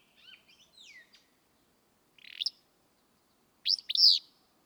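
Willow flycatcher song: a short rising buzz, then a louder burry, sneezing two-note phrase at the end, following thin twittering notes early on.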